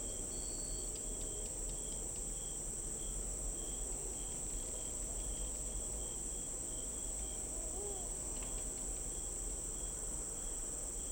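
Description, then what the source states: Crickets chirping at night: a steady high insect hum with faint, short, pulsed chirps, over a constant low rumble of background noise. Recorded at night in an urban park or residential suburban backyard.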